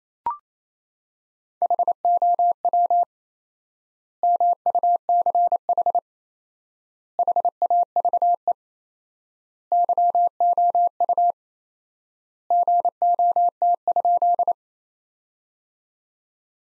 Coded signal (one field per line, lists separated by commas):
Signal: Morse code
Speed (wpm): 28 wpm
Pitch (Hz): 700 Hz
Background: none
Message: HOW MUCH HAVE YOU GOT?